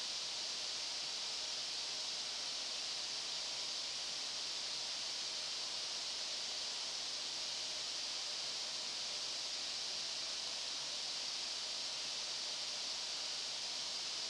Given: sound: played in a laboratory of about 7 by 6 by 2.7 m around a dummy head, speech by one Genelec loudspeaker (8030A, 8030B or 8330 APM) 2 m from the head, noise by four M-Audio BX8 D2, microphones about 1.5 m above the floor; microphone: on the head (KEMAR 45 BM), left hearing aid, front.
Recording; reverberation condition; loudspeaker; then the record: white noise; high; four, about 170 cm from the corners of the room and facing them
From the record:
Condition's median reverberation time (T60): about 1300 ms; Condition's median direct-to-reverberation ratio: about -4.0 dB